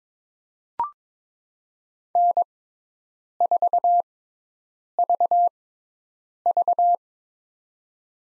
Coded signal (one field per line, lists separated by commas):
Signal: Morse code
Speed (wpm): 22 wpm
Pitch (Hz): 700 Hz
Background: none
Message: N4VV